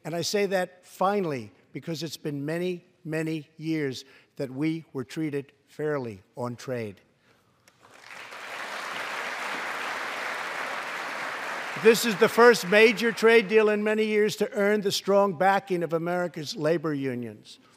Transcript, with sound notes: And I say that, finally, because it’s been many, many years that we were treated fairly on trade. (Applause.) This is the first major trade deal in many years to earn the strong backing of America’s labor unions.